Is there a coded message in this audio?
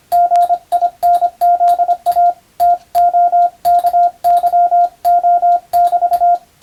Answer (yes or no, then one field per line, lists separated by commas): yes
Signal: Morse code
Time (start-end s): 0.1-6.4 s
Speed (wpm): 25 wpm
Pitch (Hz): 700 Hz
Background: radio noise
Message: GINZA TOKYO <BT>